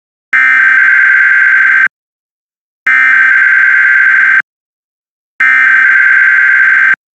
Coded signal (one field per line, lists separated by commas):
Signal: Emergency Alert System (SAME) tones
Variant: header bursts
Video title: WXXI Emergency Alert System Test February 25, 2025